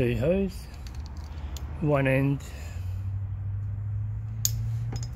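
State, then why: Seated. Someone talks while pushing one end of an air hose into its port on a Workzone 1100W portable air compressor, with a steady low hum underneath. A sharp click at 4.5 s marks the hose end seating in the port.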